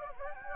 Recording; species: mosquito wingbeat signal from an infrared sensor; Anopheles gambiae